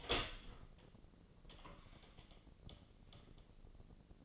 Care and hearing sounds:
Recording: daily activity, microphone in the room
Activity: open door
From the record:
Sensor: 4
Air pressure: 1013.1 hPa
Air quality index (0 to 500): 179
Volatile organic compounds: 2 ppm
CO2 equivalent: 1124 ppm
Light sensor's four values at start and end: 68/165/69/69 and 95/237/97/103

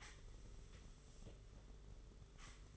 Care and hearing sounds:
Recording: daily activity, microphone in the room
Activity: sweep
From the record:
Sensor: 4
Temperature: 27.1 degrees Celsius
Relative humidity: 38.3%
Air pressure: 992.2 hPa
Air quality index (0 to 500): 110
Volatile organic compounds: 18 ppm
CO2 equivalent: 2631 ppm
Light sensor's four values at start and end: 22/73/27/28 and 22/73/27/28

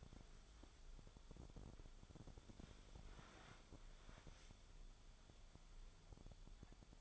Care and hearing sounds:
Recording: daily activity, microphone in the room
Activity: wipe stove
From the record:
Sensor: 5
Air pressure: 1015.2 hPa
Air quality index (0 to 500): 140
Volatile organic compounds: 3 ppm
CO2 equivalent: 1507 ppm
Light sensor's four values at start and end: 35/82/33/35 and 35/83/34/36

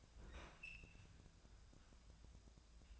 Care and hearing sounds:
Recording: daily activity, microphone in the room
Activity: open fridge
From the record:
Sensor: 2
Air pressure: 999.9 hPa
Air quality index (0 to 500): 117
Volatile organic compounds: 2 ppm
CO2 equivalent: 1007 ppm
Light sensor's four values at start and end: 35/88/37/42 and 35/88/37/42

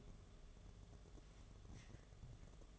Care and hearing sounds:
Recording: daily activity, microphone in the room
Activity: take from stove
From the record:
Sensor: 4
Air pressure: 1011.1 hPa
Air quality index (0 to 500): 141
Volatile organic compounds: 3 ppm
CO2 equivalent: 1446 ppm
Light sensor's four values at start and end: 207/538/227/237 and 204/532/225/235

